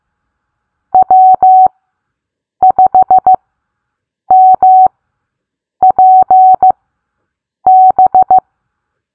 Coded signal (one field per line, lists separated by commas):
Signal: Morse code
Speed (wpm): 15 wpm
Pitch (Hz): 750 Hz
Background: none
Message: W5MPB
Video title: Learn Morse Code Bingo Style! What Callsign Did You Get is now a game! Let’s Play!